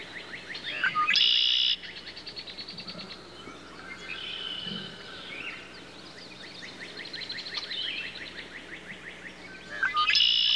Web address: bird blackbird red wing blackbird song other birds in bg animal